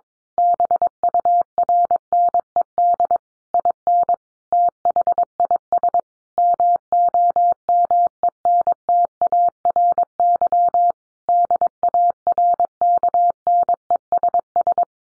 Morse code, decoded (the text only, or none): BURNED IN THIS MOMENTARY DARKNESS